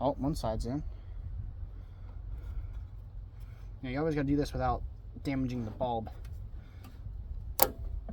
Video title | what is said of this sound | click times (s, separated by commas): Briggs and Stratton 3.5hp push mower engine Hipa maintenence kit #hipafixeasy @HipaParts | there right there it clicked in | 7.6 s